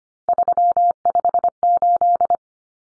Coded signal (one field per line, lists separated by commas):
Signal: Morse code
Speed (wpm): 25 wpm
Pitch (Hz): 700 Hz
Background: none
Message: 358